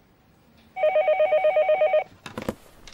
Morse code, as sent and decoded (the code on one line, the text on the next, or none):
none